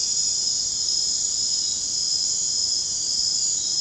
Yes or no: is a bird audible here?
no